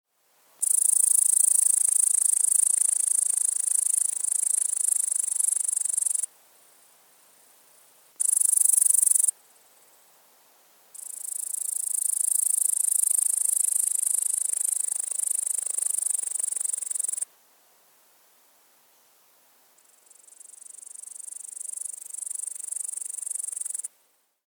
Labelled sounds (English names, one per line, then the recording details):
Upland Green Bush-cricket
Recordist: Tembrock, Günter
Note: Stridulation (im Schatten)